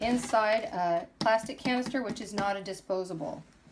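A disposable suction canister liner with solidifier inside is being handled for placement into a reusable plastic suction canister while someone talks throughout. The liner has not clicked into place yet; nothing has seated.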